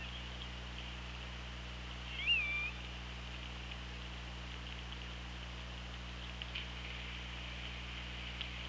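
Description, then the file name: Killer whale call, a short wavering tonal note that rises then falls with a faint lower harmonic, heard once over constant underwater hiss and low hum. Recorded by OrcaLab hydrophone on 24 August 2017 at 17:39:15. "Orca Lab UTLN JASON 20170824 173915"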